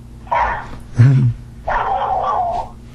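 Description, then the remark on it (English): A female dog barks at a dog on TV in three bursts, the first and last drawn out and whiny with a higher, wavering pitch, the middle one short and deeper. “So if she sees a dog on TV, she's going to bark about it.”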